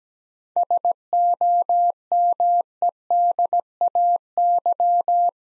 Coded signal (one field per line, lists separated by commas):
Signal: Morse code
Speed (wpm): 17 wpm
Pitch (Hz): 700 Hz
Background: none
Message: SOMEDAY